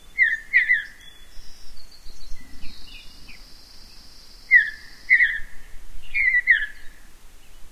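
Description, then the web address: Mountain bluebird song: husky warbled phrases at the start and again in the second half, with a thin steady high whine through the middle. North America. "Songs of Birds of North America Know Your Bird Sounds Common Western Species. Mountain Bluebird"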